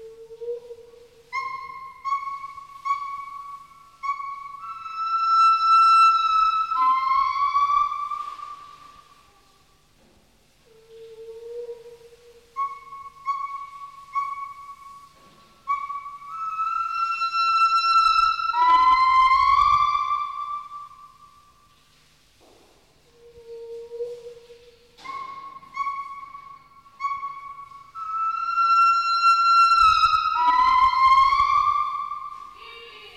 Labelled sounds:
Northern White-cheeked Gibbon (Nomascus leucogenys)

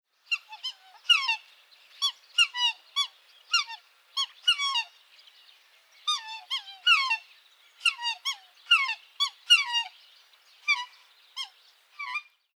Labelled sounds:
Black Swan (Cygnus atratus)

